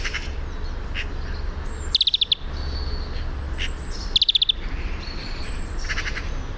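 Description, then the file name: European greenfinch calls: two short, rapid, dry trills of about six notes, roughly two seconds apart, with faint other bird notes and low rumble. "Chloris chloris"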